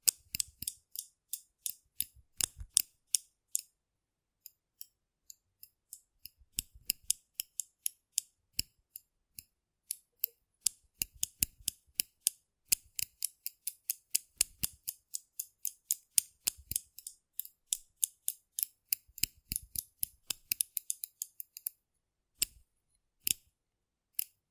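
Rough brain cleaning and picking: a run of sharp, dry snips and clicks like scissors blades closing, each brief and crisp with a bright top. They come in irregular clusters, densest from about 11 to 22 seconds, then thin out to a few isolated snaps against silence.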